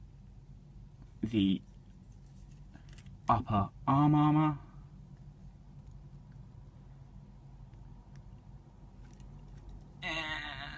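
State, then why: Not seated. An add-on plastic armor piece for a transforming robot action figure, meant for the upper arm or center section, is handled and pressed toward the figure while someone talks in short bursts. Faint light ticks and taps sound under a low steady hum, but nothing has seated or clicked yet.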